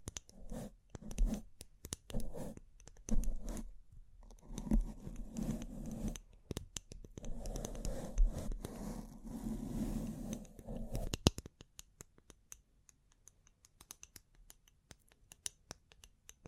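Bling-bling triggers: dense scratching, tapping and clicking handled in quick, irregular bursts for about eleven seconds, with a low rustling texture underneath. A sharp snap near the eleven-second mark cuts it off, leaving only faint, sparse clicks afterward.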